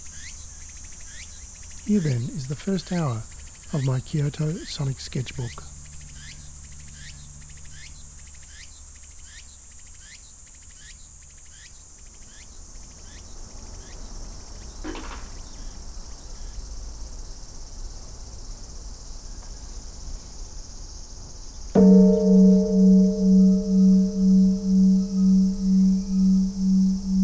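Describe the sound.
A field recording from Kyoto, Japan, with a steady high insect drone and regular chirping pulses throughout. Brief low voices break in around two to five seconds. Near twenty-two seconds a loud bell or singing bowl is struck and rings on, pulsing, to the end.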